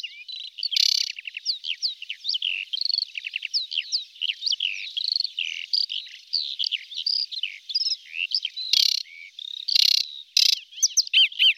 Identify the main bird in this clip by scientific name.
Acrocephalus paludicola